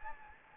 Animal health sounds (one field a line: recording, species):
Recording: mosquito wingbeat signal from an infrared sensor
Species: Anopheles gambiae